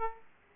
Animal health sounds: mosquito wingbeat signal from an infrared sensor; Aedes aegypti

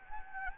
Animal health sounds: mosquito wingbeat signal from an infrared sensor; Anopheles gambiae

